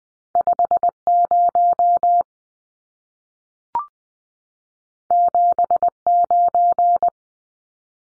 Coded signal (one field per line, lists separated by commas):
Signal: Morse code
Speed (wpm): 20 wpm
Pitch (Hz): 700 Hz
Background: none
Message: 5 0 7 9